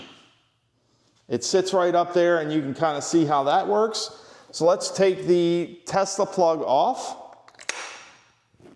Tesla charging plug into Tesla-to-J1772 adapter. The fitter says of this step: der einrastet und sehr gut einrastet.